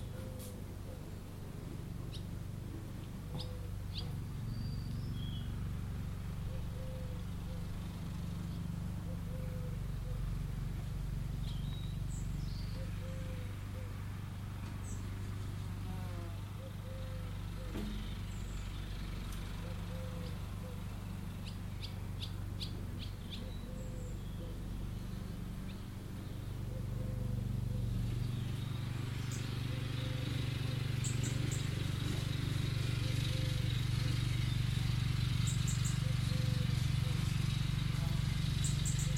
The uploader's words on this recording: I found these things in a lavender bush whilst on holiday in Cornwall. The hummingbird-hawk-moth was very shy and interestingly I think only one individual was visiting the bush over a week or so whilst I was watching it.